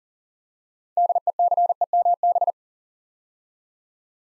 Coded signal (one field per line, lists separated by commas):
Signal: Morse code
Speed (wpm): 40 wpm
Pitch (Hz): 700 Hz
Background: none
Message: DECEMB